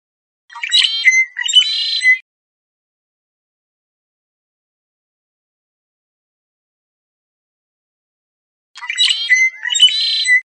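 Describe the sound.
Red-winged blackbird singing two harsh, buzzy trilled phrases several seconds apart, with silence in between.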